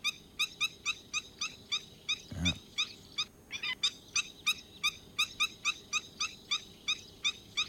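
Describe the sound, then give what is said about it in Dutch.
A long-legged wading bird with pink, red and orange legs calls over and over, giving a quick, steady series of sharp, squeaky, high-pitched yelps with no voices, briefly interrupted by a short low rumbling burst. “Waar de vogel dan een soort sierlijke balletdanser is, is de, ja, een beetje gepiep, hè?”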